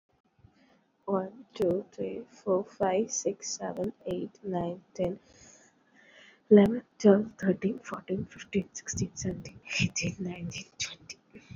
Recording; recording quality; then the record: counting at a fast pace; excellent, no background noise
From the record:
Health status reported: COVID-19 positive, mild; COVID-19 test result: positive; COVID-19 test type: RT-PCR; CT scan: not taken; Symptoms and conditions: cough, cold, breathing difficulty, sore throat, fever, fatigue, muscle pain, loss of smell and taste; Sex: female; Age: 20 years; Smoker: no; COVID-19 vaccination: both doses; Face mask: not worn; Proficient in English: yes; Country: India